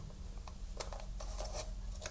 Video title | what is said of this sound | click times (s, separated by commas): BUDGET Content Creation King! 👑 Canon EOS R50 - Get to Know: Part 2 | you'll hear a click and then you know it's all good to go so I'm going to close the door | 0.8 s